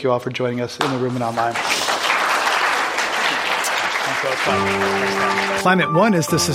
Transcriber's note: applause